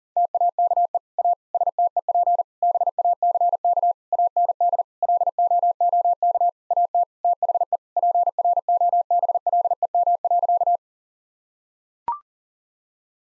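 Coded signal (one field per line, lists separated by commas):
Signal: Morse code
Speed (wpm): 40 wpm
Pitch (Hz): 700 Hz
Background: none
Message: TAKE A STEP BACK AND LOOK AT THE PROBLEM.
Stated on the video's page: Morse practice at 40 wpm: sentences of common seven-word phrases, each sent, spoken, then sent again.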